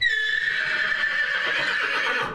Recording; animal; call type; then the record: contact call of a hoofed animal; horse; whinny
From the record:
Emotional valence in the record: negative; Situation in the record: group separation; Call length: 2.4 s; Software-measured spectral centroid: 2410 Hz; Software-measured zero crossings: 3710 a second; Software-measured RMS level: -24 dBFS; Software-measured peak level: -11 dBFS